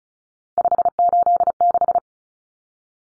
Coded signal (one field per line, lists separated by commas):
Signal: Morse code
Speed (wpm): 34 wpm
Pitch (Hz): 700 Hz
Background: none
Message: 586